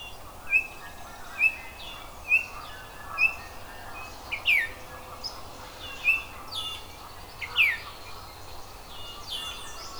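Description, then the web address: Oriole-type whistles: short level notes repeated about once a second, mixed with a few sharp downslurred notes and faint high chirps. "zoology oriole"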